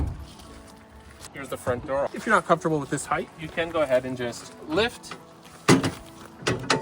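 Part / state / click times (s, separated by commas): folding entry step on the motorhome door frame / seated / 6.7 s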